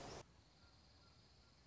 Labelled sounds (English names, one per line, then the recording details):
Dark-eyed Junco
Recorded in Sonoma County, California